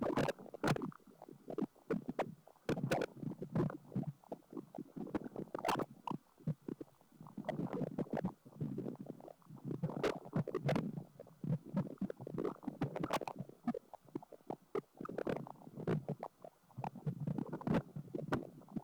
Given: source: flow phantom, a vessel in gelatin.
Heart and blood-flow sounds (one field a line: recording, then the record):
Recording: Doppler ultrasound of air bubbles in flowing water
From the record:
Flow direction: away from the transducer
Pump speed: 250 rpm (900 mL/min)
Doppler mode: pulsed wave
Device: 7 MHz transducer